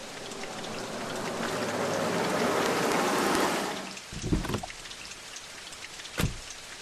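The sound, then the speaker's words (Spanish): Dense, steady heavy rain pours down onto street pavement in a broad hiss for several seconds, then thins out, leaving a few heavier drips and splashes that thud against the hard pavement. “mirando la lluvia disparar sus gotas contra el pavimento”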